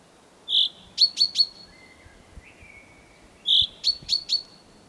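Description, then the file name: Common chaffinch giving sharp, high call notes in two matching bursts, each a short tonal note followed by three quick, clipped ones, with a faint thin whistle between them. "Fringilla coelebs"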